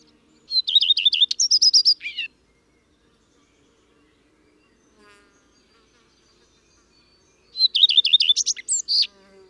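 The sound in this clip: Common redstart singing two short phrases several seconds apart. Each opens with a few repeated sweet notes and ends in a fast, varied jangle; quiet between.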